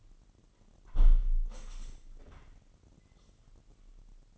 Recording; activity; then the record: daily activity, microphone in the room; close window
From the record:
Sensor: 4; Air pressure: 998.7 hPa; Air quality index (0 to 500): 113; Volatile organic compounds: 2 ppm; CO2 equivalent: 1114 ppm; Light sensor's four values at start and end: 10/24/9/10 and 10/24/9/10